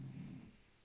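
A single brief low rumbling snore from a bulldog snoring in a room, fading after half a second; ordinary dog snoring.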